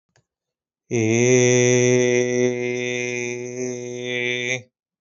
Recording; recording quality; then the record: sustained vowel as in made; excellent, no background noise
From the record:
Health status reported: healthy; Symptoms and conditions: none ticked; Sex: male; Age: 25 years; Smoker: not ticked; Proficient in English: yes